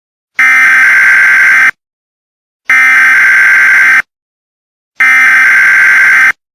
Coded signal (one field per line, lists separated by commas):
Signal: Emergency Alert System (SAME) tones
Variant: header bursts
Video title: Mexican invasion of the United States (eas scenario)